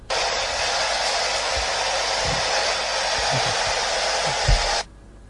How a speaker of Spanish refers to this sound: analizando el ruido blanco saco una voz que dice levántate. Vamos a ver si lo escuchamos.